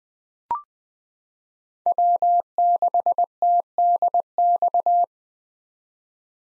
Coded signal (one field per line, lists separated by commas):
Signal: Morse code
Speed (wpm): 20 wpm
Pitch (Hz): 700 Hz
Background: none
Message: W6TDX